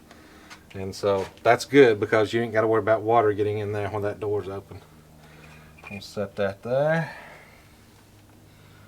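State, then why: Not seated. An Arlo Pro 3 battery security camera is handled near the magnetic charging mount of a Wasserstein 2-in-1 Solar Panel Charger & Security Light while someone talks. The clip ends before the camera goes onto the mount, and nothing has snapped or seated yet.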